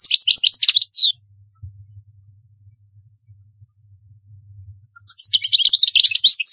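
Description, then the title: European goldfinch song: a second of rapid, tinkling twitters and buzzy trills, then a long pause with a low hum, before the twittering resumes near the end. "Chant Chardonneret"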